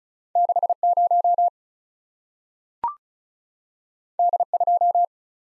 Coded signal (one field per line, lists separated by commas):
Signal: Morse code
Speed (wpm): 36 wpm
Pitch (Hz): 700 Hz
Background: none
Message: 60 D2